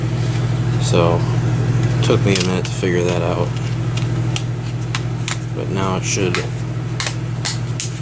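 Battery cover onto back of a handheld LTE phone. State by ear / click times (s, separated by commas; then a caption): seated / 7.0 s, 7.5 s, 7.8 s. After the battery retaining clip is pushed in, a plastic battery cover is pressed onto the back of a rugged handheld LTE phone while someone talks over a steady low hum. Three sharp clicks at 7.0, 7.5 and 7.8 seconds mark the cover snapping on all the way, and it is seated and clicks in just fine.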